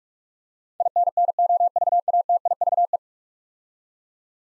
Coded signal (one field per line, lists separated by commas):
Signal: Morse code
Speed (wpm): 44 wpm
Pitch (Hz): 700 Hz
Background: none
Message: INNOVATIVE